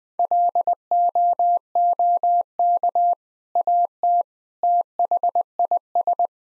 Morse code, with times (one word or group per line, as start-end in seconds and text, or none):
0.2-3.1 LOOK
3.6-4.2 AT
4.6-6.3 THIS